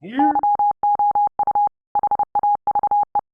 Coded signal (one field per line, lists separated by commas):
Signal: Morse code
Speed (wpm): 30 wpm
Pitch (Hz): 820 Hz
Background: speech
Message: YOU HAVE